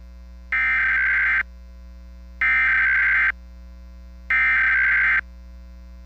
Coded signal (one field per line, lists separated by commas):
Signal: Emergency Alert System (SAME) tones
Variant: header bursts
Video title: (EAS #08) 2017 National Periodic Test on KGUM K57.